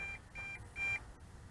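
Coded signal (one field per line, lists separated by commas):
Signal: beep code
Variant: MJX Bugs 2 transmitter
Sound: three short, evenly spaced high electronic beeps in quick succession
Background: room noise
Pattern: 3 short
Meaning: Quadcopter battery is down to 2 bars, the first level of the low-voltage warning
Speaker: Yep, it's still got 2 bars and 3 beeps, consecutive beeps.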